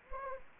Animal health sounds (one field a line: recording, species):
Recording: mosquito wingbeat signal from an infrared sensor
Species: Anopheles gambiae